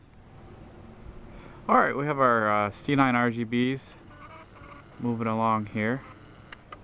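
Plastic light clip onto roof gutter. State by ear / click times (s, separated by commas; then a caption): seated / 6.5 s, 6.7 s. An RGB C9 pixel bulb on its all-in-one plastic clip is pushed onto the edge of a roof gutter and snaps into place. Someone talks first, then two short ticks are heard at 6.5 s and 6.7 s as the clip seats on the gutter.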